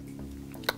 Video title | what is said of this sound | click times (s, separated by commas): New Capo & What You Should Practise Next | twist at now this capo essentially locks in place okay so | 0.7 s